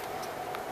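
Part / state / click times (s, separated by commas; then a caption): RAM module into motherboard DIMM socket / not seated / none. A RAM module is handled over an open DIMM socket on the system board of a PowerEdge 1800 server, before being pressed straight down until the socket latches close. Over a steady background hum there is one brief faint tick at about 0.6 s. The module has not seated or clicked into the socket yet.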